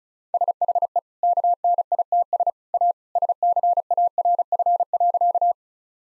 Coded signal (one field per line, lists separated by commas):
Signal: Morse code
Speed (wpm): 36 wpm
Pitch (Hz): 700 Hz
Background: none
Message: SHE KNITS A SCARF.